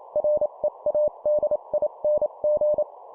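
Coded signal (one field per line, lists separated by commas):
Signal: Morse code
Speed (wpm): 28 wpm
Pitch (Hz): 600 Hz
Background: none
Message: READING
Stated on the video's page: Simulated example CW CQ and QSO exchange at 25 WPM.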